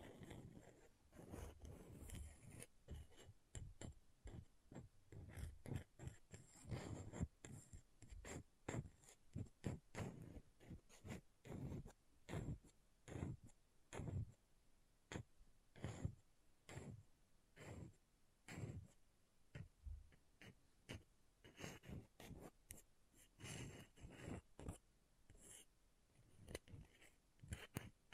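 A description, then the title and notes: An object scratching in quick, uneven strokes, dense bright rasps repeating about twice a second throughout, with slight pauses between bursts. ASMR Brain Melting Object Scratching (No Talking).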